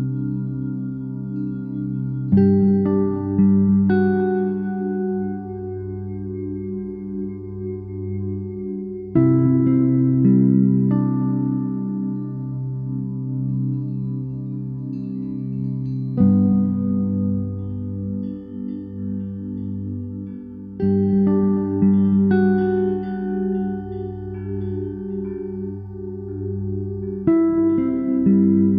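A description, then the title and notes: Soft chime tones ring out in slow, overlapping layers, with new notes struck every few seconds, at about 2, 9, 16 and 21 seconds. The sound is mostly low and warm, long sustained notes gently wavering as they fade, with quieter bright overtones above. A Lullaby of Wind Chimes.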